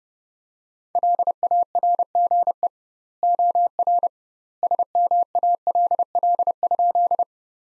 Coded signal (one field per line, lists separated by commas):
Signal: Morse code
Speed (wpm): 30 wpm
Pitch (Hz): 700 Hz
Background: none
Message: LARGE OR SMALL?